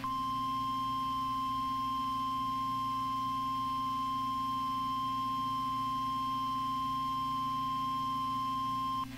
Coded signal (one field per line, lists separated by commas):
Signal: Emergency Alert System (SAME) tones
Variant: 1050 Hz attention tone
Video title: EAS #1574 - ICE STORM WARNING 1-14-2017